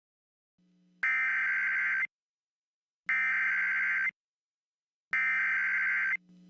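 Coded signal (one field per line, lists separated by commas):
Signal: Emergency Alert System (SAME) tones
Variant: header bursts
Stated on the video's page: Fictional custom scenario, nothing real.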